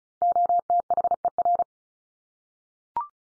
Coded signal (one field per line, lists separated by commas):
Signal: Morse code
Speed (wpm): 34 wpm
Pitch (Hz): 700 Hz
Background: none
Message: OTHER